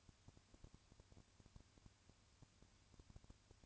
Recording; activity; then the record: daily activity, microphone in the room; no activity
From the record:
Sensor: 2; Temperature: 20.3 degrees Celsius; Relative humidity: 35.6%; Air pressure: 1000.9 hPa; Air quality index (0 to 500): 196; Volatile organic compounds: 5 ppm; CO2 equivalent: 1725 ppm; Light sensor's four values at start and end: 2/3/2/2 and 2/3/2/2